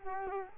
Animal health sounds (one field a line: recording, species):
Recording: mosquito wingbeat signal from an infrared sensor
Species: Culex quinquefasciatus